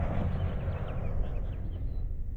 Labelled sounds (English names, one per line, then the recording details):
House Finch song
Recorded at Oak Beach on Long Island, New York, on 21 May 1975
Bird B